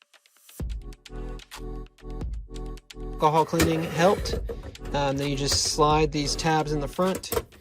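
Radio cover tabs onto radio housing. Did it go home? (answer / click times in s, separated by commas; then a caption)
no / none. During a repair of a Jeep Compass/Wrangler/Chrysler/Dodge radio that cuts off, the radio cover's front tabs are slid into the radio housing, with a few light handling taps near the start. Someone talks while music plays underneath. Nothing has seated or clicked yet.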